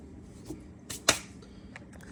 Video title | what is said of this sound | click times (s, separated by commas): Code P1050: Reductant Level Sensor, DEF Pump Replacement, 2017 Chevy Cruze Diesel | That's in. You heard that click. | 1.1 s